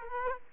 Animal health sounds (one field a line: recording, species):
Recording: mosquito wingbeat signal from an infrared sensor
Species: Aedes aegypti